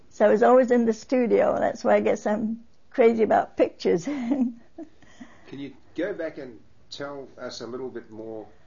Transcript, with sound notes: So I was always in the studio, so that's why, I guess, I'm crazy about picture. ( she laughs )
Can you go back and tell us a little bit more,